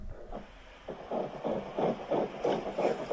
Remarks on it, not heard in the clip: Do you want to hear the heartbeat of my baby? That was at my 8 weeks. It was like 169, I think. It was fast.